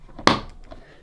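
A grey plastic pod holder is hooked in at the back of a Bosch Tassimo Joy coffee pod machine, lined up and pushed down into it. A single sharp, bright snap is heard at 0.3 s, ringing briefly before fading into a few faint soft knocks. The pod holder is seated and snapped into place.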